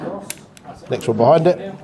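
A round-nose cartridge is pushed through the side loading gate into the tube magazine of a lever-action rifle until it clicks in and disappears, with the click at 0.3 s. A smaller tap follows at 0.6 s, and then someone talks.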